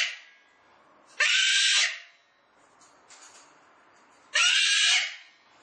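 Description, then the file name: Cockatoo screaming: two long, harsh, noisy shrieks about three seconds apart, separated by softer faint calls. "cacatua"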